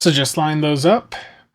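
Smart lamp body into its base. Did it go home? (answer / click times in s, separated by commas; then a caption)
no / none. While the three corner prongs on the bottom of a Lepro TB1 AI smart lamp body are lined up with three holes in its base, someone talks throughout. No snap or click is heard; the lamp has not yet been pushed in and has not seated in its base.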